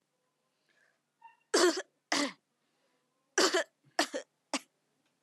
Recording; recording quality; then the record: heavy voluntary cough; excellent, no background noise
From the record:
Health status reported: healthy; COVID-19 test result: negative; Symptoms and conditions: none ticked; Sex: female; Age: 19 years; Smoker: not ticked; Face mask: worn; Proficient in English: yes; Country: India